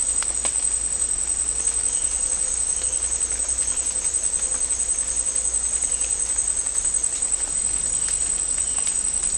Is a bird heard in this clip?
no